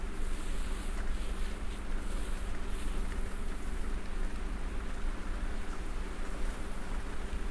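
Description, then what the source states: Domestic cat purring: a steady, low, continuous rumble with soft rustling over it. Domestic cat purring while snuggling.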